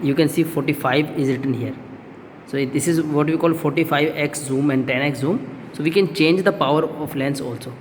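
A man talks while handling the objective lenses, marked 10x and 45x, on the revolving nosepiece of a compound microscope, turned to change the lens power. Nothing has seated or clicked into place yet.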